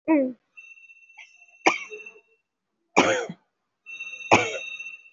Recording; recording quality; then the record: heavy voluntary cough; excellent, no background noise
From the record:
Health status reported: COVID-19 positive, moderate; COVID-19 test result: positive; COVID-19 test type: RT-PCR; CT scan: taken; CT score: 3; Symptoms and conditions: cough, cold, sore throat, fever, muscle pain, loss of smell and taste, another respiratory illness, hypertension, another condition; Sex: female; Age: 60 years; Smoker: no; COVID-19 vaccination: none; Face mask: worn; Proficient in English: no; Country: India